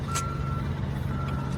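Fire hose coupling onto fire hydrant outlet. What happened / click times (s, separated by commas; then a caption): Handled, not yet home: the coupling has not clicked into place / none. A fire hose coupling is being twisted clockwise onto a fire hydrant outlet, but nothing has seated or clicked yet. Two steady reversing beeps sound over a continuous low engine rumble from a nearby vehicle.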